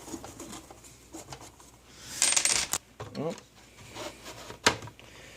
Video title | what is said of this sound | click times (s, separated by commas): Supermaxx 5000 | Till it clicks at the second click, and then you put the screw through the vertical hole, | 2.2 s, 4.7 s